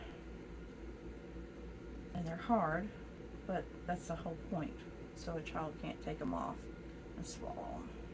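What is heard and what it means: A plastic safety-eye (or nose) backing washer is being pushed onto its ridged post through a stuffed bear's fabric, a hard fit that ratchets on like a wire tie so a child can't pull it off and swallow it. Someone talks throughout over faint handling sounds. Nothing has seated or clicked yet.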